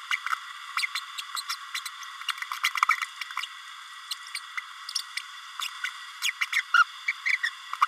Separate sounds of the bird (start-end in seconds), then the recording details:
0.10-0.16, 0.77-0.86, 0.95-1.00, 1.18-1.22, 1.36-1.41, 1.49-1.55, 1.74-1.80, 2.28-2.32, 2.63-2.71, 4.11-4.14, 4.34-4.40, 4.57-4.60, 5.60-5.68, 5.83-5.89, 6.23-6.31, 6.41-6.46, 6.52-6.62, 6.74-6.84, 7.08-7.12, 7.25-7.38, 7.43-7.50, 7.81-7.86. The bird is a male. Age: 31 days. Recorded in a nest box in Venezuela. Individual 17B32A6